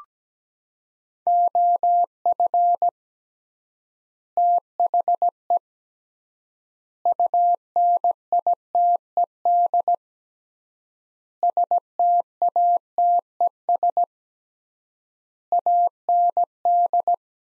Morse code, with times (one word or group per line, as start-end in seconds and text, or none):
1.3-2.9 OF
4.4-5.6 THE
7.1-9.9 UNITED
11.4-14.0 STATES
15.5-17.1 AND